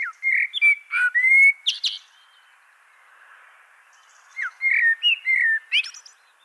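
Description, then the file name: Common blackbird song in two phrases separated by a pause, each made of rich fluty whistles ending in high, scratchy twitters. "Turdus merula"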